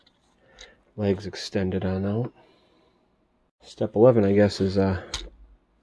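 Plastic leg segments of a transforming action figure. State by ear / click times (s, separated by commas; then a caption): not seated / none. The plastic leg segments of a transforming action figure are handled and pushed together while someone talks, with a couple of faint clicks early in the clip. The clip ends before the parts lock, so nothing has snapped into place yet.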